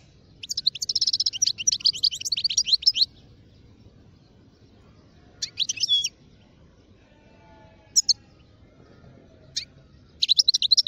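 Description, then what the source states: European goldfinch song: a fast jangling twitter, then silence broken by a few short separate chirps and a final twittering burst. Wild birds, from a collection.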